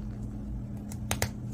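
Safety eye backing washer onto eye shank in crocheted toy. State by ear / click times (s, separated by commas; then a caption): seated / 1.1 s, 1.2 s. A plastic safety-eye backing washer is pushed firmly onto the eye's shank from inside a crocheted bee keyring; it has to go on hard enough to make a sound so it locks tight. A faint tick at 0.9 s is followed by two sharp clicks at 1.1 s and 1.2 s over a steady low hum. The washer is seated and the eye is locked in place.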